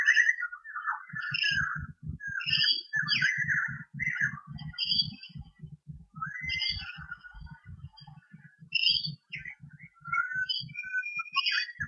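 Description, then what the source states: Chattering birdsong of mixed chirps and warbles runs on continuously over a steady low throbbing pulse in the background. Recorded in Armidale in 2013.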